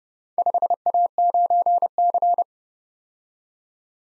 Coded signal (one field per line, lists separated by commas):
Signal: Morse code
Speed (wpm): 30 wpm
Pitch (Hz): 700 Hz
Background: none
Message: 5A9C